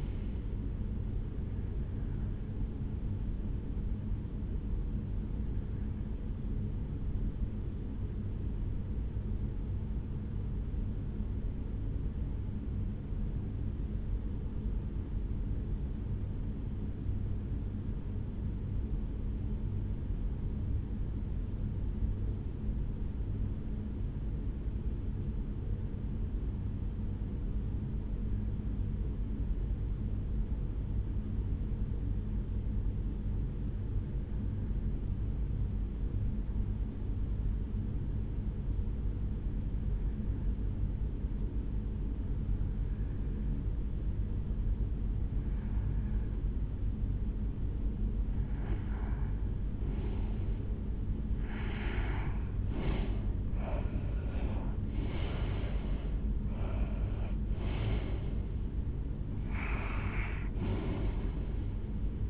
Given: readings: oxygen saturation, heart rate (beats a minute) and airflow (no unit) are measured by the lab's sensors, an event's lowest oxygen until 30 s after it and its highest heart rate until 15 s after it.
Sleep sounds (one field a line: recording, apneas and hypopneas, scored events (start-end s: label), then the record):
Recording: breathing in sleep by a smartphone at the bedside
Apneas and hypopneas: 1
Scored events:
11.00-49.30 s: hypopnea (REM, oxygen 96% highest, then 79% lowest, heart rate 60 at the start, 79 highest)
52.00-62.30 s: new sleep stage, N1 (lightest sleep)
From the record:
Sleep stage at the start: REM sleep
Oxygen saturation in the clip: 80 to 96%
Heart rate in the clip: 58 to 79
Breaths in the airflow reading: 13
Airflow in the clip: -11.2 to 6.7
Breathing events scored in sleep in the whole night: 449 in 7.0 hours asleep